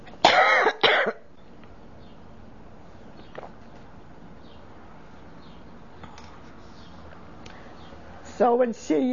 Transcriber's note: she coughs; birds are heard chirping in the background when pauses